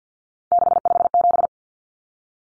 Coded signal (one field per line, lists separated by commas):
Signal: Morse code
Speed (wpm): 49 wpm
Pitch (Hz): 700 Hz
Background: none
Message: 657